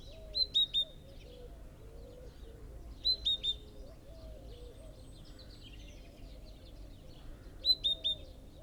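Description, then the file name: Great tit calls: short bursts of three sharp, high, slightly falling notes, heard three times, over a steady background of lower calls. "Parus major"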